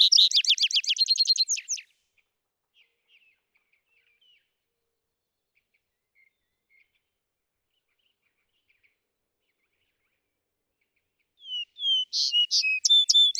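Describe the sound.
Vesper sparrow song: the tail of a rapid trill, about ten seconds of near silence with faint chips, then a new song of whistles and buzzy notes.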